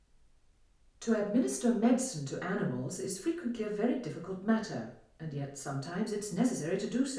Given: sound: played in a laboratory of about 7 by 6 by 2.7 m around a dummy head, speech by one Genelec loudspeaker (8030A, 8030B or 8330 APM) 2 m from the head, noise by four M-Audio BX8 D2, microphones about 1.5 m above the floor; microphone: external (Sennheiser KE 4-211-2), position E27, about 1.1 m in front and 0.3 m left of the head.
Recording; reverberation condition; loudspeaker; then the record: female speech in English; medium; 120 degrees to the left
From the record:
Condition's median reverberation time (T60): about 510 ms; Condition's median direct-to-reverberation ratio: about -0.5 dB